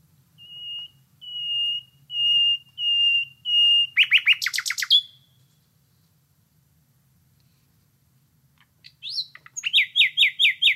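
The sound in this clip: Common Nightingale song: a series of pure, level whistles, then a fast buzzy rattle, a pause, and a quick run of repeated sweeping notes.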